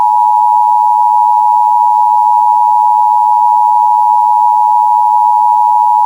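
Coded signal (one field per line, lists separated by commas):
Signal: Emergency Alert System (SAME) tones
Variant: 853 and 960 Hz attention tone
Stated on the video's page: Fictional EAS scenario made for Halloween, not a real alert.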